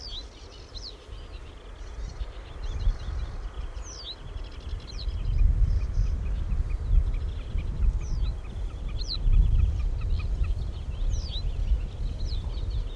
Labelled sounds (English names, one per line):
Reed Bunting song